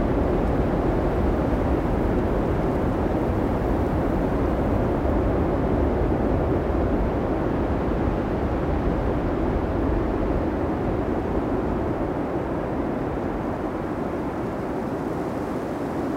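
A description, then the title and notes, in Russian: A heavy blizzard wind roars without pause, a dense, deep rumble concentrated in the low range with a softer hiss above. The level stays nearly constant for the whole stretch, easing only slightly toward the end, with no distinct gusts or other sounds standing out. Атмосфера Зимнего Шторма | Исландский Метель и Воющий Ветер. Запись, сделанная в течение ночи во время мощной снежной бури Дидду в Рейкьявике, позволит вам испытать настоящие и неукротимые звуки воющих ветров и кружащегося снега.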